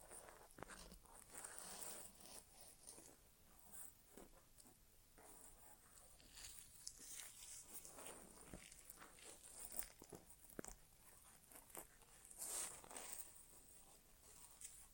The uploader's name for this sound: ASMR Inner Ear Exam (No Talking)